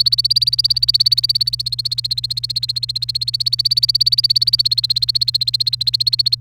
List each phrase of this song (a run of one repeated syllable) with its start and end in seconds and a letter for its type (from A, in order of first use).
0.00-6.35 A